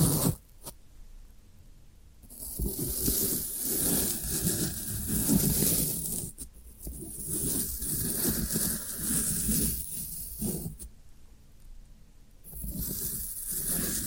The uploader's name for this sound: Satisfying Tingle Stimulating Floral Foam Sounds